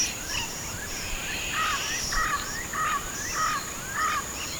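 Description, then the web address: Bird calls: short, slightly rising notes repeated about every half second, with faint high chirps behind and a constant high-pitched hiss. "BIRD 2015 SABIOD"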